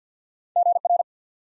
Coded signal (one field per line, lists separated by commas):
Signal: Morse code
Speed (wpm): 51 wpm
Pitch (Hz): 700 Hz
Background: none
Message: GR